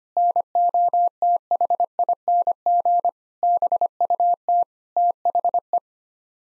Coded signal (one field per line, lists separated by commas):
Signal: Morse code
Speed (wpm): 25 wpm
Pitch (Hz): 700 Hz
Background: none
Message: NOTHING BUT THE